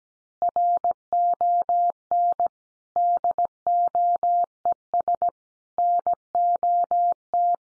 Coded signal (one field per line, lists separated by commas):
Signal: Morse code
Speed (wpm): 17 wpm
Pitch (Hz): 700 Hz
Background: none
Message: RON DOES NOT